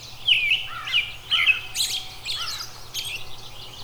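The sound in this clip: Robin singing a varied string of sharp, high notes and trills, some slurred downward.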